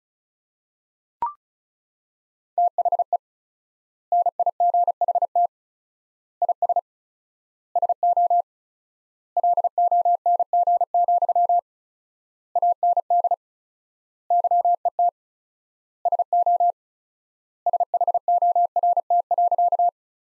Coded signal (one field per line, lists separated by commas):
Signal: Morse code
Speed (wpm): 36 wpm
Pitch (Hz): 700 Hz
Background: none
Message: THE NIGHT IS SO LONG, AND YET SO SHORT.